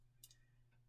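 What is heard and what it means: A plastic part of a scale model Panzer II tank is pressed into its mounting on the tank model hull, where it is supposed to snap into place. Two brief, sharp ticks are heard at about 0.2 and 0.3 seconds over a steady low hum. The part does not go in, and nothing has seated or clicked yet.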